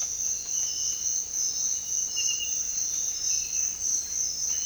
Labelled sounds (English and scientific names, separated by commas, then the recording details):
none
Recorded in dense forest near Puerto Asís, Putumayo, Colombia, on 18 February 2024 at 06:30
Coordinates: 0.500, -76.322
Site G6465